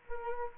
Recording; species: mosquito wingbeat signal from an infrared sensor; Culex quinquefasciatus